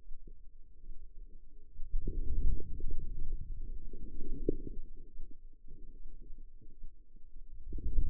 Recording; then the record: forearm muscle sounds (acoustic myography)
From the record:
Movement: outward rotation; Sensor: system 2, bracelet of six BSWA MPA416 microphones around the upper forearm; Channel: 6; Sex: female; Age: 25 years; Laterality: right